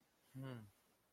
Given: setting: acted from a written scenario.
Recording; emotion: vocal sound without words; embarrassment